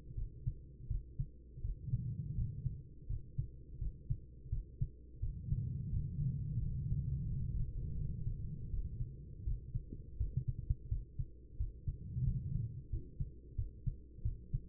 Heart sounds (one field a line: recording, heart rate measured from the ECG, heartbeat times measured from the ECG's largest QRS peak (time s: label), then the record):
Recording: heart sounds by stethoscope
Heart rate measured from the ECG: 85 bpm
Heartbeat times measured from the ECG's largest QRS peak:
0.15 s: heartbeat
0.88 s: heartbeat
1.61 s: heartbeat
2.35 s: heartbeat
3.07 s: heartbeat
3.78 s: heartbeat
4.49 s: heartbeat
5.20 s: heartbeat
5.90 s: heartbeat
6.59 s: heartbeat
7.27 s: heartbeat
7.96 s: heartbeat
8.70 s: heartbeat
9.44 s: heartbeat
10.17 s: heartbeat
10.88 s: heartbeat
11.57 s: heartbeat
12.24 s: heartbeat
12.89 s: heartbeat
13.55 s: heartbeat
14.22 s: heartbeat
From the record:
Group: healthy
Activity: rest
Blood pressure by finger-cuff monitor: 99/64 mmHg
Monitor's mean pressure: 77 mmHg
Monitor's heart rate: 85 bpm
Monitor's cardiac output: 5.8 L/min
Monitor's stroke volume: 69 mL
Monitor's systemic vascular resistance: 940 dyn s/cm5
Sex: female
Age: 43 years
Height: 160 cm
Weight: 90 kg